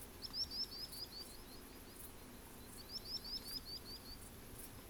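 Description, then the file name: Common sandpiper giving two short, faint runs of quick high notes, separated by a pause, over steady background hiss. Singing; Portland, 15 August 2017. "Common Sand inc singing Portland"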